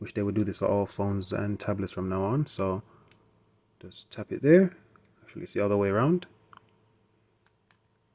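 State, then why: Seated. Someone talks while turning a magnetic USB charging connector the other way around and placing it on a Silvercrest SAS 87 activity tracker, with no power in the tracker. A sharp click at 6.5 s marks the connector snapping into place, followed by a few faint ticks in the quiet.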